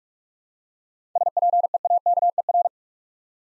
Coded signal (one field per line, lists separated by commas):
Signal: Morse code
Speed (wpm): 45 wpm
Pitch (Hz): 700 Hz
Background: none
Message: SPEAKER